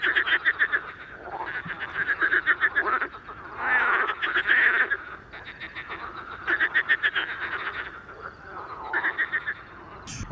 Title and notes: Soirée aux Grenouilles rieuses. 11 mai 2019-Étang de Beaumont - pluie - 14° - Nagra seven - mkh40 sur perche